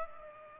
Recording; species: mosquito wingbeat signal from an infrared sensor; Culex pipiens